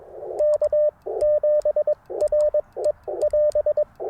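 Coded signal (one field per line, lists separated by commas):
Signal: Morse code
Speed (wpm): 21 wpm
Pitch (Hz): 590 Hz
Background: radio noise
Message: K7RE <AS>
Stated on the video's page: QRP CW Parks on the Air activation, Icom IC-705 with random wire antenna and tuner, sent with paddles.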